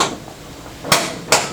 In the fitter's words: big dubs wait wait let them hear them little click oh